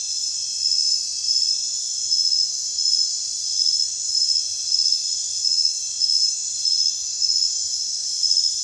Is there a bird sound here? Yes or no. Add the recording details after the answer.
no. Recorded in secondary vegetation near Puerto Asís, Putumayo, Colombia, on 29 June 2025 at 01:00. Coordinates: 0.498, -76.327. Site GP09